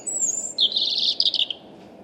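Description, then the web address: European robin song: one brief, high, thin phrase of sweet jumbled warbling notes after a faint high whistle, then quiet. "Deverinetal 2025"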